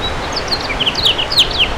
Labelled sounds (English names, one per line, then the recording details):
House Finch song
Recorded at Amityville on Long Island, New York, on 12 June 2013
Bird A